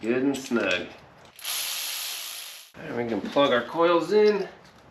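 On a 2004-2009 Toyota Prius during a timing chain replacement, the plastic wiring harness connector is being handled to be pushed onto the ignition coil while someone talks. A steady, broadband ratcheting burst runs from about 1.4 s to 2.7 s between stretches of talk. Nothing has seated or clicked yet; the clip ends just before the connector goes home.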